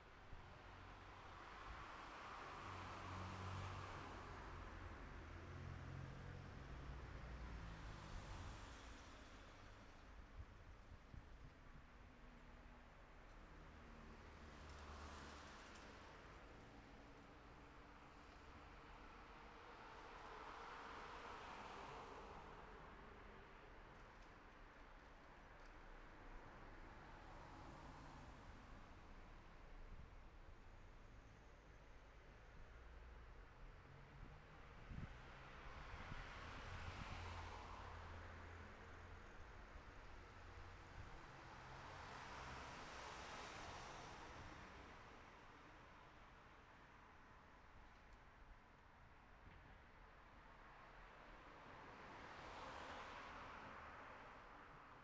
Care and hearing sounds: everyday scene through a hearing-aid microphone; in traffic; traffic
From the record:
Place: city secondary road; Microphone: behind the ear, left, rear

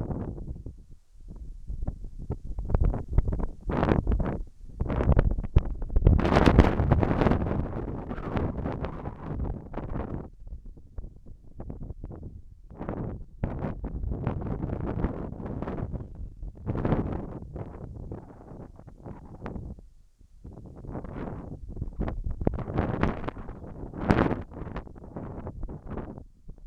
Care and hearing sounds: everyday scene through a hearing-aid microphone; wind on the microphone; wind, whistling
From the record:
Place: in front of a rural house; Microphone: behind the ear, left, front

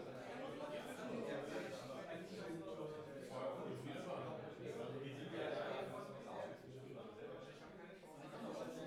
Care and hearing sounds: everyday scene through a hearing-aid microphone; many people talking; many voices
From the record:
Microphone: behind the ear, right, rear

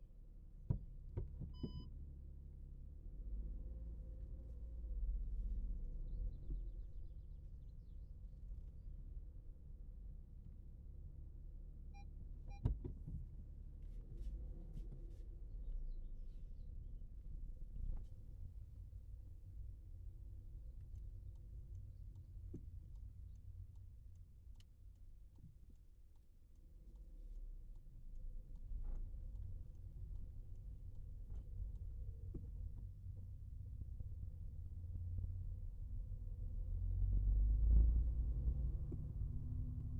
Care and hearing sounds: everyday scene through a hearing-aid microphone; in a vehicle; driving off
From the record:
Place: Skoda Fabia, gasoline engine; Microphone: behind the ear, right, front

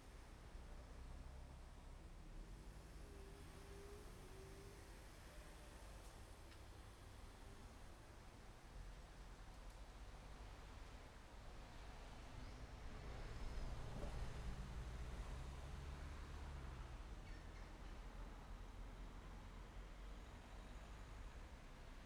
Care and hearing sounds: everyday scene through a hearing-aid microphone; in traffic; traffic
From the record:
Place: main road on the outskirts, rush hour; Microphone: behind the ear, left, rear

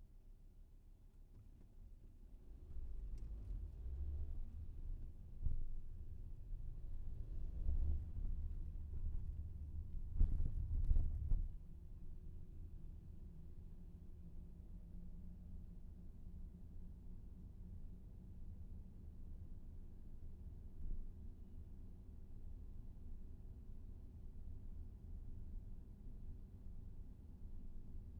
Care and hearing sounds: everyday scene through a hearing-aid microphone; in a vehicle; engine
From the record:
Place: VW T5 Caravelle, diesel engine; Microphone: behind the ear, left, rear

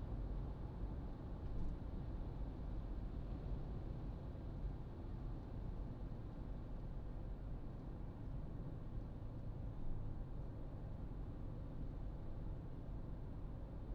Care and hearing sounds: everyday scene through a hearing-aid microphone; in a vehicle; engine, highway driving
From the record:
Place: Berlingo II, diesel engine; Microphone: in the ear canal, right

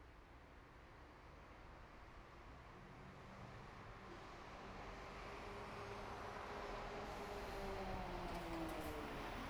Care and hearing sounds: everyday scene through a hearing-aid microphone; in traffic; traffic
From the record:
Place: bus stop on a city main road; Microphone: behind the ear, right, front

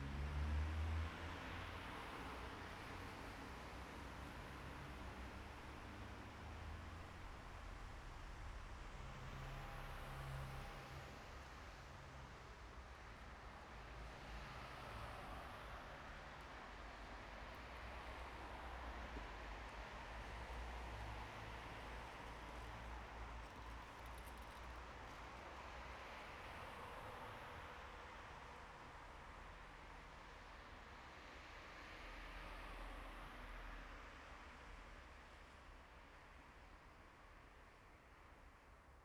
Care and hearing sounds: everyday scene through a hearing-aid microphone; in traffic; traffic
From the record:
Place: bus stop on a city main road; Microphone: behind the ear, right, front

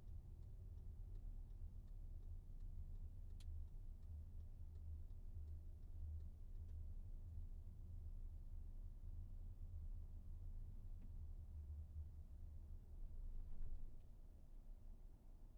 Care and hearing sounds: everyday scene through a hearing-aid microphone; in a vehicle; engine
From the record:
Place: VW T5 Caravelle, diesel engine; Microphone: behind the ear, right, front

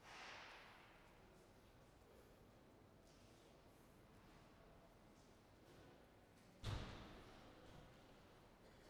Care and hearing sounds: everyday scene through a hearing-aid microphone; reverberant space; background noise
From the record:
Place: railway station hall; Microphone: behind the ear, right, rear

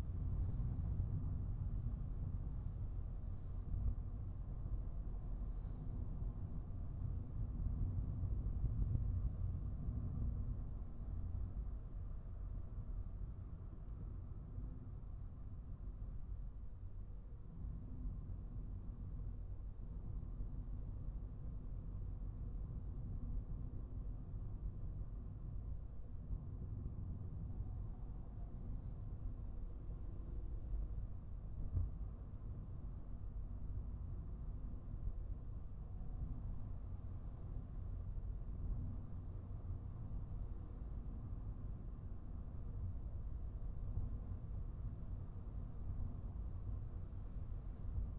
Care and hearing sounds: everyday scene through a hearing-aid microphone; in a vehicle; engine, highway driving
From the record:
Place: Skoda Fabia, gasoline engine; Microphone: behind the ear, right, front

